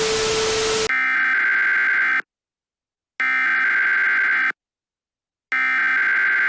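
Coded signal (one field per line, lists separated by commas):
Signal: Emergency Alert System (SAME) tones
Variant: header bursts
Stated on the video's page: Fictional EAS alert tones in an animated analog-horror scenario, not a real broadcast.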